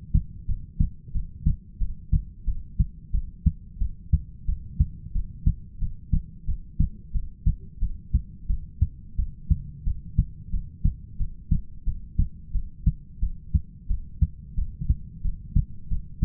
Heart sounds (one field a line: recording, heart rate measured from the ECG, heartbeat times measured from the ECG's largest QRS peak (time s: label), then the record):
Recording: heart sounds by stethoscope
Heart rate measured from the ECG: 89 bpm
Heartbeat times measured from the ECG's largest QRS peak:
0.47 s: heartbeat
1.13 s: heartbeat
1.79 s: heartbeat
2.46 s: heartbeat
3.13 s: heartbeat
3.79 s: heartbeat
4.47 s: heartbeat
5.14 s: heartbeat
5.80 s: heartbeat
6.47 s: heartbeat
7.13 s: heartbeat
7.81 s: heartbeat
8.48 s: heartbeat
9.17 s: heartbeat
9.85 s: heartbeat
10.52 s: heartbeat
11.18 s: heartbeat
11.85 s: heartbeat
12.53 s: heartbeat
13.21 s: heartbeat
13.88 s: heartbeat
14.56 s: heartbeat
15.23 s: heartbeat
15.89 s: heartbeat
From the record:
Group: heart failure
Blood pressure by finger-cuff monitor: 99/64 mmHg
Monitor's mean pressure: 76 mmHg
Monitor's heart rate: 89 bpm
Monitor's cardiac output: 7.7 L/min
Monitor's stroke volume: 86 mL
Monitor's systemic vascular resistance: 720 dyn s/cm5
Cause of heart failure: ischemic heart disease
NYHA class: 1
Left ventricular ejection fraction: 38%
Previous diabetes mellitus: present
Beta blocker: bisoprolol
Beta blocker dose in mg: 15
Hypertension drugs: sacubitril-valsartan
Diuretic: furosemide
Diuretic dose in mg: 20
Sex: male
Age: 33 years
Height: 172 cm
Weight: 78.5 kg